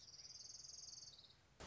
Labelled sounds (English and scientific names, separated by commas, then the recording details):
Orange-crowned Warbler (Leiothlypis celata)
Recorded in Sonoma County, California